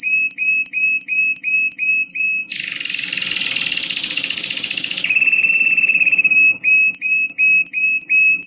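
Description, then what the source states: Canary song: short clipped notes repeated steadily, a harsh buzzy rattle for about two and a half seconds, then a steady trill and more repeated notes. Canary song mixed with Timbrado canary song for song training.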